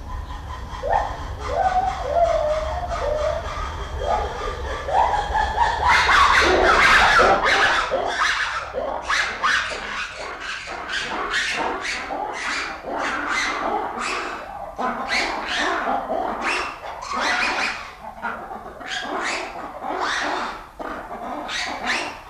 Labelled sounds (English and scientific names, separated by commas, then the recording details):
Lar Gibbon (Hylobates lar)
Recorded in captivity
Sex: pair
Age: adult
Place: Zoo Berlin, Berlin, DE
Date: 1994-06-11 10:14
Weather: heiter, 12-17°C
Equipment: Marantz CP 430, Sennheiser ME 80, Kopie Uher Variocord 263
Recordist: Tembrock, Günter